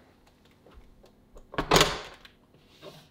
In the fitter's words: just like that locks into place